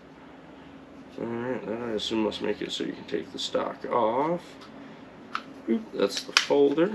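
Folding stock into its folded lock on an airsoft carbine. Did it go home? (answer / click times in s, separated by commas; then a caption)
no / none. Someone talks while handling the folding stock of an airsoft pistol-caliber carbine, moving it toward its folded, stowed lock position so the gun can still be used as a pistol. The clip ends before the stock goes home, so nothing has seated or clicked yet.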